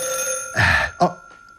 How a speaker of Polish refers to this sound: Spokojnie. Na pewno dzwonią z województwa. Idę odebrać.